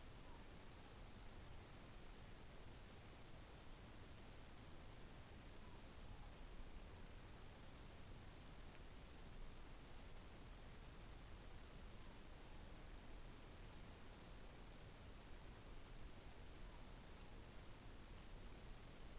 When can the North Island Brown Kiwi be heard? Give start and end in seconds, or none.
none